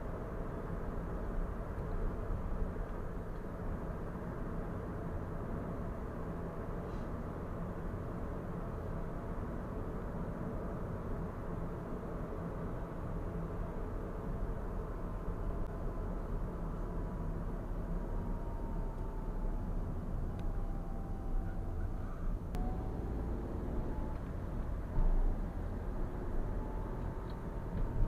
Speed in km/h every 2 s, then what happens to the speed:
45, 44, 44, 45, 46, 46, 45, 43, 40, 37, 24, 29, 31, 36.
0-12 steady at about 45. 12-20 slows to 24. 20-28 speeds up to 36.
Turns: none.